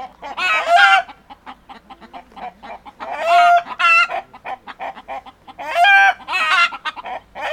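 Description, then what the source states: Chickens clucking and cackling, loud drawn-out squawks about every two to three seconds over a steady patter of softer clucks. Hens.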